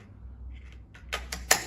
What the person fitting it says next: And you put it in, very satisfying click.